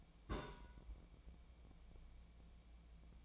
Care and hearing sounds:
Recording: daily activity, microphone in the room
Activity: place on stove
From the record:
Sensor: 1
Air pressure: 1000.0 hPa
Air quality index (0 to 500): 133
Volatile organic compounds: 2 ppm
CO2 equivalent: 1258 ppm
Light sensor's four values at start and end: 41/103/43/54 and 41/103/43/54

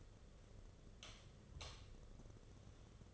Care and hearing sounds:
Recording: daily activity, microphone in the room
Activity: light off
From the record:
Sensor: 4

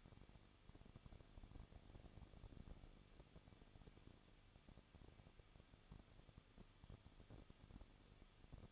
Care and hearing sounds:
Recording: daily activity, microphone in the room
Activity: no activity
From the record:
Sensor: 4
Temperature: 23.1 degrees Celsius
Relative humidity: 34.1%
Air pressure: 1007.2 hPa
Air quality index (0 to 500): 215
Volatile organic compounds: 15 ppm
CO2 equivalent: 2484 ppm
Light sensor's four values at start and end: 2/3/1/1 and 2/3/1/1

